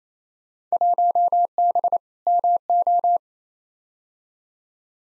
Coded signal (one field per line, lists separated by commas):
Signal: Morse code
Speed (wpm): 28 wpm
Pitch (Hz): 700 Hz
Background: none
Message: 1B MO